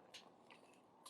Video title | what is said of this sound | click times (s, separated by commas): Takara MP-41 Masterpiece Beast Wars DINOBOT: EmGo's Transformers Reviews N' Stuff | bring that up lock | 0.1 s